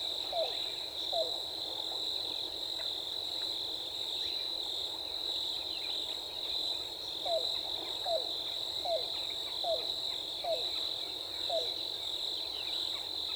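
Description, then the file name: Yellow-billed cuckoo call: two hollow notes, a long gap, then six more downslurred notes about a second apart, all over a steady shrill insect chorus. Recorded 14 April 2018. "2018-04-14 YBCU"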